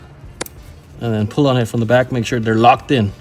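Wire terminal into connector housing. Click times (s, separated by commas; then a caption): 0.4 s. A second crimped wire terminal is pushed into a plastic connector housing and given a quick tug, giving a sharp click at 0.4 s with a smaller tick just after, and it is seated and locked in. A man then talks about pulling on it from the back to check it.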